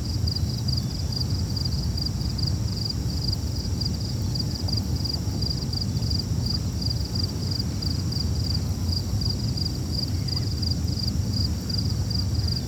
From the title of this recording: Calmest Night at the Lake